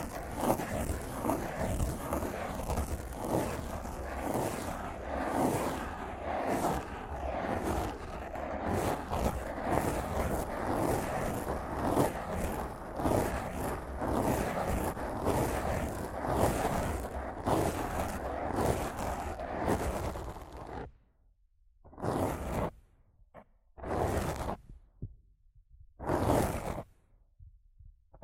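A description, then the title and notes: Rough scratching and brushing on a microphone, a dense, continuous rasping with quick repeated strokes and low thumps for about twenty seconds. After that it breaks into short separate bursts of scratching with silent gaps between them until the end. ASMR Rough Mic Scratching & Brushing (No Talking).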